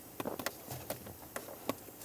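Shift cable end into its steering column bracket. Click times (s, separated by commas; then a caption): 0.5 s. Under the dash of a 2001–2005 Ford Explorer Sport Trac, during a steering column shift tube replacement, the shift cable end is slid into its steering column bracket slot and the small locking tab is pushed in. Several short, sharp taps and knocks are heard, with the locking click at 0.5 s, the loudest of them. The shift cable is seated and locked into the bracket slot.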